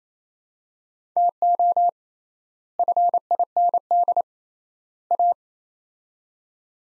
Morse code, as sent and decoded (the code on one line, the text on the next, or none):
- --- / ..-. .. -. -.. / .-
TO FIND A